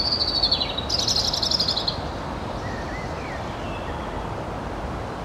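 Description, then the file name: European robin song: a two-second high jangling, trilled phrase of rapid notes, then a few faint soft notes against a constant noisy background. "Erithacus rubecula"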